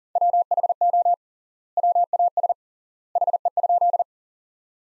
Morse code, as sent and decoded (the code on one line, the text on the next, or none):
.-- .... --- / .-- .- ... / .... . ..--..
WHO WAS HE?